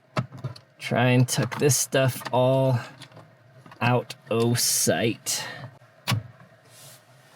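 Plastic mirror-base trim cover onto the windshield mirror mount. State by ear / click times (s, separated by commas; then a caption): seated / 6.1 s. Someone talks while tucking the dashcam power dongle wiring out of sight at the rear-view mirror of a 2025 Tacoma, then pushes the plastic mirror-base trim cover back up onto the windshield mirror mount. A sharp click at 6.1 s marks the cover clipping back into place, seated.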